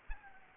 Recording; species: mosquito wingbeat signal from an infrared sensor; Anopheles arabiensis